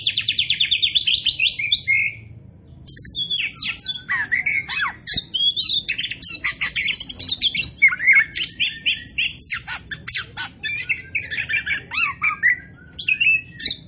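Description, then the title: Oriental magpie-robin song: rapid buzzy rattling trills mixed with sharp whistled notes and rising slurs, nearly continuous throughout. Oriental magpie-robin of the poci type in gacor form (steady, vigorous singing). "Kacer Poci"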